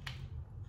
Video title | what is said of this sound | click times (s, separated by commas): vintage shopping + gentle monster x moncler sunglasses try on haul | and lock into place which is so cool | 0.1 s